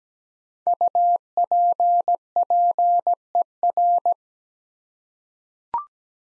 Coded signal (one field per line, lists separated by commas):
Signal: Morse code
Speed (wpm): 17 wpm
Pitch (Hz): 700 Hz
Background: none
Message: UPPER